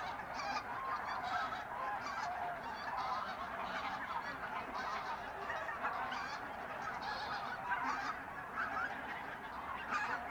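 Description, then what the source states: Goose: geese honking together in a busy flock, a constant chorus with short sharper calls cutting through now and then. Geese in the re-naturalised area of Polder Glies, Sellstedt, Germany, 9 November 2020; binaural ORTF pair of t.bone SC 140 microphones with Rycote windjammer, TASCAM DR100 MK3 recorder.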